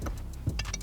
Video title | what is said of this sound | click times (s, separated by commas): BMW (S58) UNLOCK, FLASHING and FLEX FUEL - Everything you need to know | then just take it pop it on and that will be the most satisfying click you'll ever feel and like I said | 0.6 s